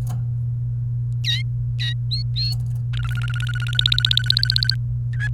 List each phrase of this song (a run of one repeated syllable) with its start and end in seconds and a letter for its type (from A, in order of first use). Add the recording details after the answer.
2.12-2.53 A, 2.93-4.75 B, 5.13-5.28 C. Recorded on 28 April 2018 at 11:58. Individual llb3